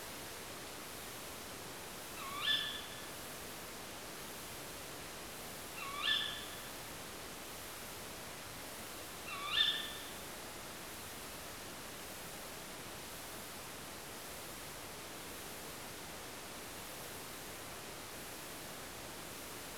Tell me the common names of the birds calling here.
Tawny Owl